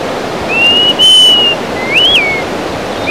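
Greater pewee giving a long, plaintive level whistle followed by a rising-then-falling slurred note, with constant rushing noise underneath.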